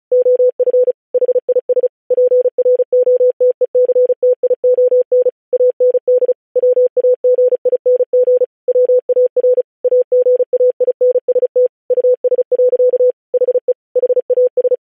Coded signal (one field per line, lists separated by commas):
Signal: Morse code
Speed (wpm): 36 wpm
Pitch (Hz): 500 Hz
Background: none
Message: OF HIS PROTECTION AND WAGING WAR AGAINST US. HE HAS